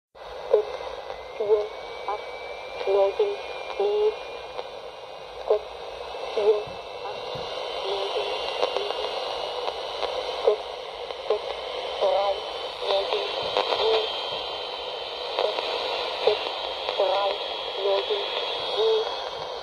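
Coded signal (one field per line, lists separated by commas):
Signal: numbers station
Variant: G06 German Lady, German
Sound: female voice reading short evenly spaced words through noisy shortwave static with faint whistles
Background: radio static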